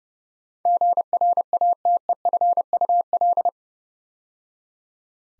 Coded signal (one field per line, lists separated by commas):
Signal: Morse code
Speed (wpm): 30 wpm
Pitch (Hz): 700 Hz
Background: none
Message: GRATEFUL